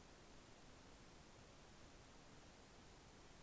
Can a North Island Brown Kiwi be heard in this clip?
no